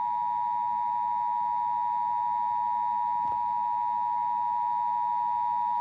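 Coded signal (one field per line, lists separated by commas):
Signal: Emergency Alert System (SAME) tones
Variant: 853 and 960 Hz attention tone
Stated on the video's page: National EAS test aired during a TV noon newscast.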